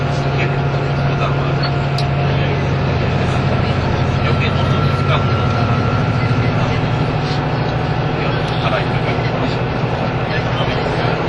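A KiHa 85 diesel train on the Hida No. 1 service gives a steady, dense engine drone with a low hum, faint whining tones and occasional light clicks.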